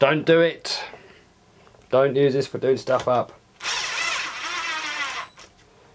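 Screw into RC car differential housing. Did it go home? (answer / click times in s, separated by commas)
no / none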